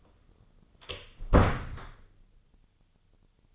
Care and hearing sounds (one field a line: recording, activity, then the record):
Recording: daily activity, microphone in the room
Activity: close door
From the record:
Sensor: 4